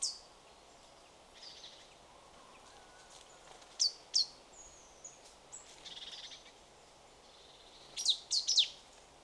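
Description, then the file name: Marsh tit calls: thin, high, sharply descending notes, a pair near the middle and a fast cluster near the end, with fainter high sounds between. "Poecile palustris"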